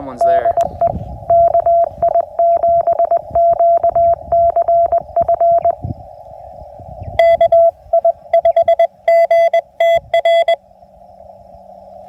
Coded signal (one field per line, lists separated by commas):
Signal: Morse code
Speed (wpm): 20 wpm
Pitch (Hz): 680 Hz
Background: speech, radio noise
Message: DE KI7QCF KI5GTR